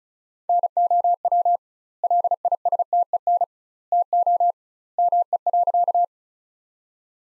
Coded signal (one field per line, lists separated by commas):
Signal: Morse code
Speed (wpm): 34 wpm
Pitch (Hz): 700 Hz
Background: none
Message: NOW LISTEN TO ME.